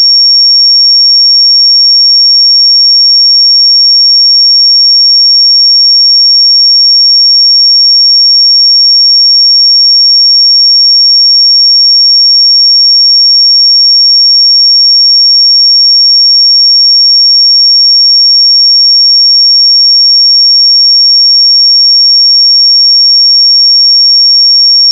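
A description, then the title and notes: A pure 5524 Hz sine tone holds one high, piercing pitch for the whole stretch. It stays perfectly steady at an even loudness, with no breaks, wavering or other sounds around it. 5524 Hz 1 Hz Interval Sine Pure Tone Frequency 441000 Sample Mono.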